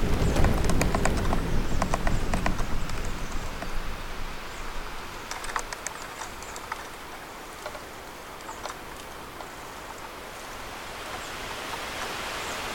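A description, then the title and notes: Bamboo sways in the wind, its stalks giving off scattered hollow clicks and knocks in loose clusters throughout. A strong low gust rushes through the first few seconds, then fades to a steady soft hiss beneath the irregular tapping. BAMBOO FOREST • Delicate Sounds of Bamboo Swaying to The Wind.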